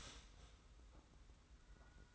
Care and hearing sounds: daily activity, microphone in the room; start toaster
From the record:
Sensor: 3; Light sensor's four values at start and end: 41/116/47/41 and 40/116/47/41

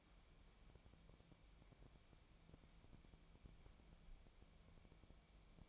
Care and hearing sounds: daily activity, microphone in the room; wipe stove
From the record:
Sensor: 1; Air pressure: 1000.5 hPa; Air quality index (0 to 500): 183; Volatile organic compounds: 4 ppm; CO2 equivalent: 1688 ppm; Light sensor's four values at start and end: 12/29/12/14 and 12/29/12/14

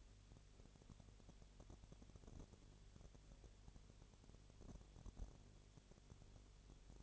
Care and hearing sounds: daily activity, microphone in the room; no activity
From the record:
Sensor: 4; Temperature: 22.6 degrees Celsius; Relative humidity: 32.0%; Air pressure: 1008.1 hPa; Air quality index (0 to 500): 114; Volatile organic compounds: 2 ppm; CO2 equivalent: 1104 ppm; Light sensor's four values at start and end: 2/3/1/1 and 2/3/1/1

